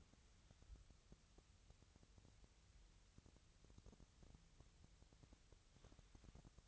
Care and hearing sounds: daily activity, microphone in the room; wipe stove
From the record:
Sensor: 3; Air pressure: 1001.6 hPa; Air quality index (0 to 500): 223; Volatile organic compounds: 30 ppm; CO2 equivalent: 2959 ppm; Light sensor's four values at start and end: 10/33/14/12 and 10/33/14/12

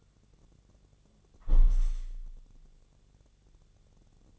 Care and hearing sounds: daily activity, microphone in the room; close window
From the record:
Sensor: 4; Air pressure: 1001.2 hPa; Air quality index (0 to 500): 166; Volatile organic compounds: 2 ppm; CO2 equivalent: 1189 ppm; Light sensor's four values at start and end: 13/29/12/13 and 13/29/12/13

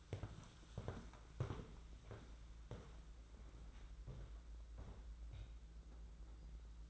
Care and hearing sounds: daily activity, microphone in the room; walk to room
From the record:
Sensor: 3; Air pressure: 992.0 hPa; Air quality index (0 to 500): 225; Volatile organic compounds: 1000 ppm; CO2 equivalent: 7751 ppm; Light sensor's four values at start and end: 18/57/24/20 and 26/77/31/26

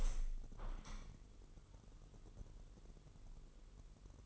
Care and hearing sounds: daily activity, microphone in the room; open window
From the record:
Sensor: 4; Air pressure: 999.4 hPa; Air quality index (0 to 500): 140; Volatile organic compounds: 3 ppm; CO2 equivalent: 1389 ppm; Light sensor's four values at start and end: 29/71/29/32 and 28/69/29/31

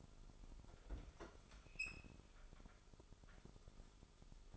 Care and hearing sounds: daily activity, microphone in the room; open fridge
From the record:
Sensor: 5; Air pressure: 988.5 hPa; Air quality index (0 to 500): 216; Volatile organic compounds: 114 ppm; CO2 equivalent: 3843 ppm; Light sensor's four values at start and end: 42/130/50/54 and 42/127/50/53

